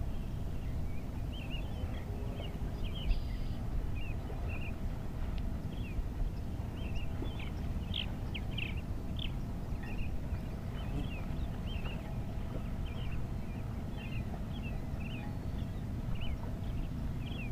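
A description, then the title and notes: Dawn birdsong by a lakefront: small birds chirp and whistle steadily throughout, short bright notes from several directions. Underneath lies a constant low rumble like traffic or engines, with a faint steady hum. Dawn at Chicago's Magic Hedge. Summer 2009: A field recording from of The Magic Hedge, where Chicago receives the dawn and migratory birds in lakefront silence.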